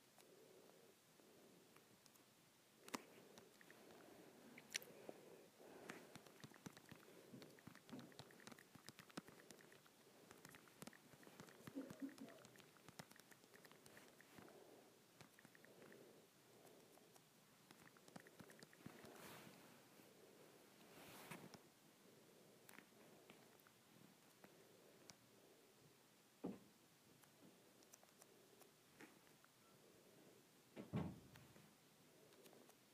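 Fingers tap on an Android phone in a quick, uneven run of light clicks that continues for the whole stretch. A few sharper, louder taps stand out near 3, 20, 26 and 31 seconds, over a soft, steady hiss.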